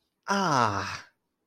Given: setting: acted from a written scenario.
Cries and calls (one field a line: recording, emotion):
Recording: vocal sound without words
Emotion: pain